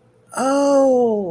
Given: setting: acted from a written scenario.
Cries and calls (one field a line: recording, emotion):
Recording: vocal sound without words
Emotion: interest